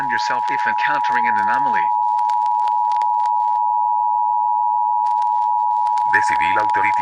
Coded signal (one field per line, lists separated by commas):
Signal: Emergency Alert System (SAME) tones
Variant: 853 and 960 Hz attention tone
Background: speech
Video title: Reflections, a short EAS scenario (Read description)